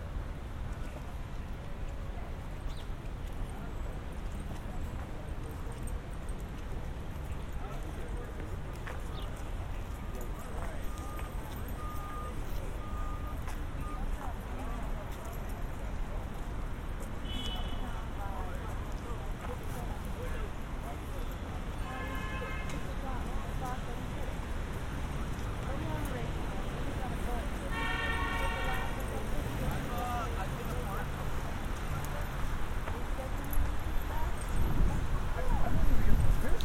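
A walk through Central Park, with a steady bed of low rumble and murmuring voices throughout. Short bright chirping or clinking bursts stand out around 17, 22 and 28 seconds, and the sound grows louder toward the end.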